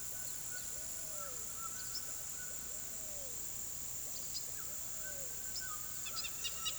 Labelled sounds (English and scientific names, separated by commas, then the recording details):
White-throated Toucan (Ramphastos tucanus), Southern Lapwing (Vanellus chilensis)
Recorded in pastures near Puerto Asís, Putumayo, Colombia, on 20 February 2024 at 15:00
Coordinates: 0.466, -76.323
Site G6384